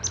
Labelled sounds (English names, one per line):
Palm Warbler flight call